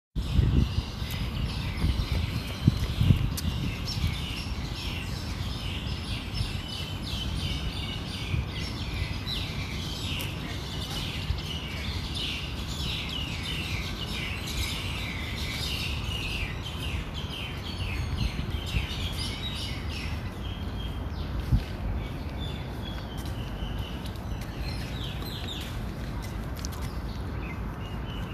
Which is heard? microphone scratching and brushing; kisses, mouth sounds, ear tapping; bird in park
bird in park